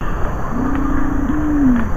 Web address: green imperial pigeon